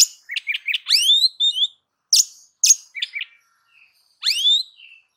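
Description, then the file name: Oriental magpie-robin song of quick chirps and rising whistled slurs, harsh high notes between, and a final loud upward whistle. "Suara-Kacer-Versi-7"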